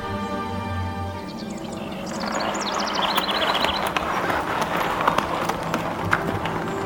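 A steady clatter of horses' hooves trotting beats out a quick rhythm over a constant rumble of carriage wheels, with a low hum early on and a few high chirps drifting above the noise.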